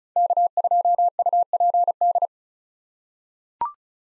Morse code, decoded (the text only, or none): K2UPD